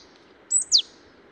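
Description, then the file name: Marsh tit call: two sharp, very high notes in quick succession, the second sweeping steeply downward, over a faint steady background hiss. "Poecile palustris"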